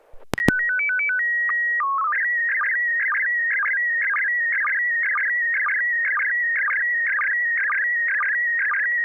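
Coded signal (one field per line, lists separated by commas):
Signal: SSTV (slow-scan television)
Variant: PD 120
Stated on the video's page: SSTV net on an FM repeater on 441.300 MHz in Sacramento.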